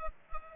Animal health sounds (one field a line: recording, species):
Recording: mosquito wingbeat signal from an infrared sensor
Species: Culex pipiens